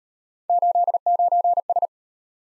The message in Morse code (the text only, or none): 89S